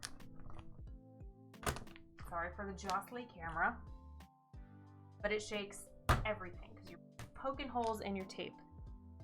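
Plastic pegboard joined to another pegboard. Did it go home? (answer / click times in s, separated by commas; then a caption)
no / none. Plastic interlocking bead pegboards are handled by hand as one board is being pressed into another, while someone talks over background music and a few brief soft knocks sound. A click is what tells you the boards are joined, but nothing has clicked or seated yet by the end of the clip.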